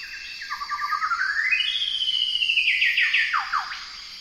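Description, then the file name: Golden whistler song: stepped whistled notes climbing into a long sustained whistle, closing with several descending whip-like notes. "Golden whistler bird singing"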